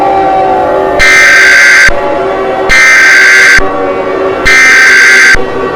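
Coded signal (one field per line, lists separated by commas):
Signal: Emergency Alert System (SAME) tones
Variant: header bursts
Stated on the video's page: Fictional EAS scenario.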